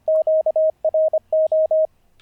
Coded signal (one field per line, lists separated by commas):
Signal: Morse code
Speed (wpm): 25 wpm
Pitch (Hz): 630 Hz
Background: radio noise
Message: QRO